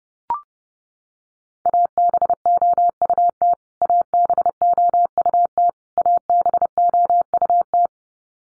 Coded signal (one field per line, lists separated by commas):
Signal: Morse code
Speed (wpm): 30 wpm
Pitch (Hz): 700 Hz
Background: none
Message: ABOUT ABOUT ABOUT